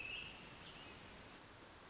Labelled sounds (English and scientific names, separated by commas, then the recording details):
Pacific Wren (Troglodytes pacificus)
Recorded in Sonoma County, California